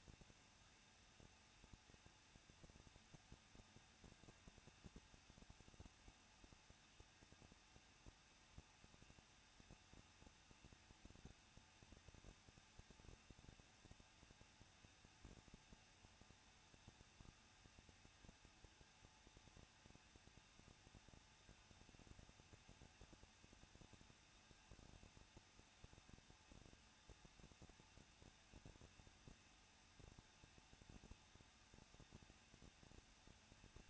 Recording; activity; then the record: daily activity, microphone in the room; no activity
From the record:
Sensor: 2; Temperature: 21.0 degrees Celsius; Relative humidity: 37.5%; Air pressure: 1006.3 hPa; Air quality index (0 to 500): 223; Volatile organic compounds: 25 ppm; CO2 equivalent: 2825 ppm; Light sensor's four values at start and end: 2/3/2/2 and 2/3/2/2